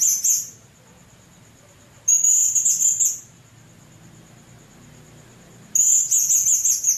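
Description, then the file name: Blue-crowned hanging parrot giving three high, shrill, buzzy chattering calls of about a second each, spaced by pauses, with a faint high whine. "serindit"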